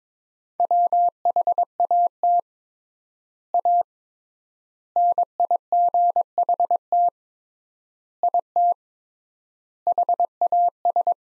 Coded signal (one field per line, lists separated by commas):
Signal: Morse code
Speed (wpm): 22 wpm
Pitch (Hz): 700 Hz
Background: none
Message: WHAT A NIGHT IT HAS